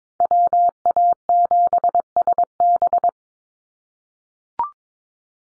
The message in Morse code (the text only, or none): WA7SB